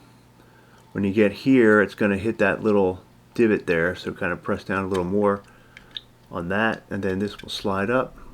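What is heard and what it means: Someone talks while reassembling a Ruger Security .380 Lite Rack pistol magazine, pressing the metal baseplate down past the little divot on the magazine tube so it can slide up. Two faint ticks come at 5.8 and 6.0 seconds during a pause in the talking, but the baseplate has not popped into place on the tube yet, so nothing has seated.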